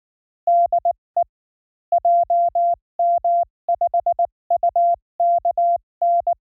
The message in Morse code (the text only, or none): DE JM5UKN